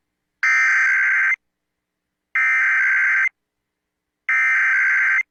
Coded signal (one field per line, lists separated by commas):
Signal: Emergency Alert System (SAME) tones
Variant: header bursts